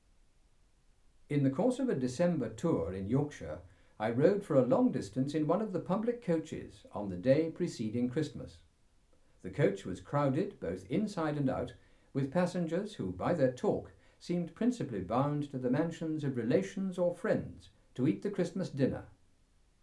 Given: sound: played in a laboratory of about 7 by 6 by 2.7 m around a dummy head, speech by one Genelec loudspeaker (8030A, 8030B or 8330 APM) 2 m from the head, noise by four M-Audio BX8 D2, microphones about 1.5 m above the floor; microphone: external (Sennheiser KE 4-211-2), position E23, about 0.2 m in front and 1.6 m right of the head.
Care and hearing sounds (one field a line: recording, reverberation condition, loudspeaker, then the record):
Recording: male speech in English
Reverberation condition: low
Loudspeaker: 120 degrees to the right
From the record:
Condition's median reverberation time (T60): about 310 ms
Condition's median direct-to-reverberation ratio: about 3.5 dB